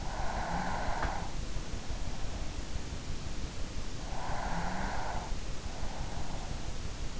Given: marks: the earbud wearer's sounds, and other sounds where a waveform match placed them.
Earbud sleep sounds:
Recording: sounds in sleep by an in-ear microphone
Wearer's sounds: breath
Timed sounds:
0.00-1.48 s: breath
4.05-5.59 s: breath

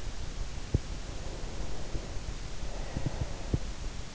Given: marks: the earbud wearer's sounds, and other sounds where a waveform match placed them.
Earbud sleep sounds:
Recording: sounds in sleep by an in-ear microphone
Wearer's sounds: breath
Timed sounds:
1.07-3.53 s: breath

